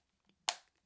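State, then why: Seated. A leather-backed Spigen Enzo protective case is snapped onto an iPhone 13 Pro Max, giving a sharp, bright click at 0.5 s that decays over about a fifth of a second, after a faint tap near 0.3 s. The case seats with a satisfying snap and a near-perfect, firm fit.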